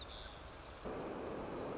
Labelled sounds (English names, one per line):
White-crowned Sparrow